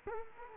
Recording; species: mosquito wingbeat signal from an infrared sensor; Culex quinquefasciatus